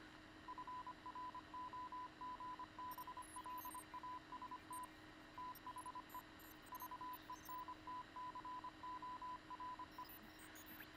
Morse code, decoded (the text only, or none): FROGBLAST THE VENTCORE